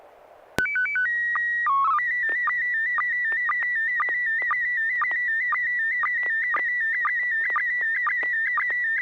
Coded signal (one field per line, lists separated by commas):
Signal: SSTV (slow-scan television)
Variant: PD 120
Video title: N6NA SSTV Net - 12/23/2020